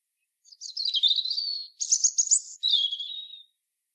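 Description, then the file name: European robin song: three high, thin warbling phrases in quick succession, the first and last sliding down into a wavering trill; no other sounds. "Erithacus rubecula"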